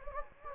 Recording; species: mosquito wingbeat signal from an infrared sensor; Anopheles gambiae